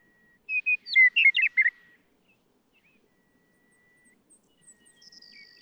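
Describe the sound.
Western meadowlark gives one short song of flute-like whistles and a rapid gurgle, followed by a few faint, high notes.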